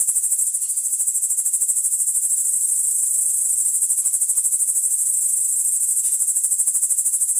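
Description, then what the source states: Crickets give a high, fast, rhythmically pulsing trill, steady and continuous across the whole stretch. Crickets recorded in the Emmental.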